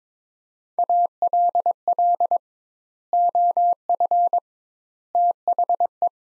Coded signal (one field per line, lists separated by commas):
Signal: Morse code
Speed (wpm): 21 wpm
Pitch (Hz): 700 Hz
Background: none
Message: ALL OF THE